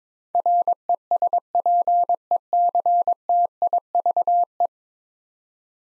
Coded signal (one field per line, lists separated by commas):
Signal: Morse code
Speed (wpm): 22 wpm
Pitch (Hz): 700 Hz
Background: none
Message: RESPECTIVE